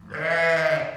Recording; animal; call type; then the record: contact call of a hoofed animal; sheep; low-frequency (closed-mouth) or high-frequency (open-mouth) call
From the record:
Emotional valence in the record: positive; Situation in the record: reunion with pen mate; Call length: 0.97 s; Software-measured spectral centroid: 2010 Hz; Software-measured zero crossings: 2050 a second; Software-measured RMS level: -23 dBFS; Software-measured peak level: -10 dBFS